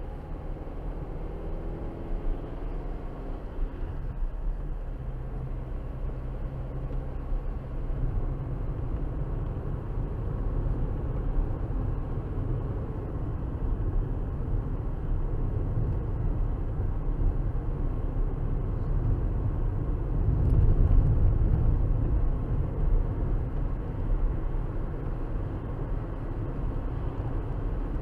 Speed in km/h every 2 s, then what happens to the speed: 58, 63, 61, 61, 63, 68, 71, 72, 69, 69, 72, 74, 76, 84.
0-9 steady at about 61. 9-11 speeds up to 71. 11-23 steady at about 71. 23-28 speeds up to 84.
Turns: none.